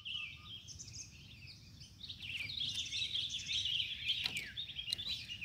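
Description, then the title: Lovebird chattering calls, a dense run of shrill high chirps that grows busier and louder halfway through, over a steady low rumble of background noise. Lovebird call used as a lure (pikat) to attract birds. "PIKAT BURUNG LOVEBIRD"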